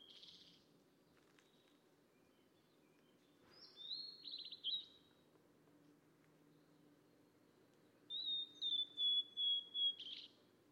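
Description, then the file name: Mangrove blue flycatcher song: two clear whistled phrases of sliding notes stepping gently downward, the second a run of about six notes, over a soft low hum. "tledekan laut"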